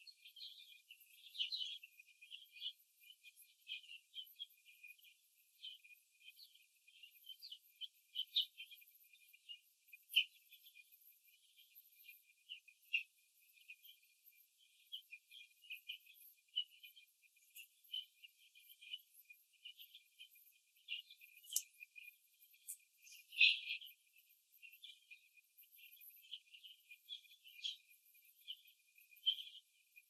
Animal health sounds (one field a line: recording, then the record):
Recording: young laying hens in a cage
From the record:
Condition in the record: before the stressor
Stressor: simulated dog barking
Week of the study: 2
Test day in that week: 3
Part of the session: 3